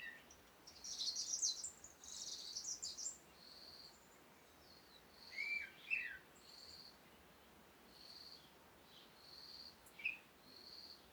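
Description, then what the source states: Birds give scattered high chirps and short whistled notes, while buzzy notes repeat underneath. Morning recording in Komati, Africa, calm conditions with wind.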